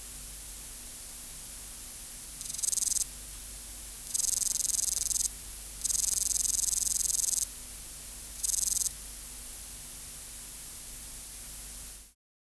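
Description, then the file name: Meadow katydid song: high, hissing buzz bursts of varying length, from half a second to about one and a half seconds, separated by pauses, before the sound cuts off. "Conocephalus kisi"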